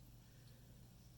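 The rear truck (bogie) of a Bachmann Spectrum Dash-8 CW HO model locomotive is handled and pushed toward its plastic frame to be clicked into place. Only a quiet, steady low hum with faint rustling is heard, with no sharp sounds. Nothing has seated or clicked yet.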